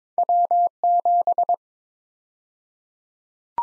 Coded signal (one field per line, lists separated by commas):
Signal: Morse code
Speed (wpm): 22 wpm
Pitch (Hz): 700 Hz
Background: none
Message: W7